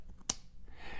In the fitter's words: and then you twist and when you twist you'll hear a click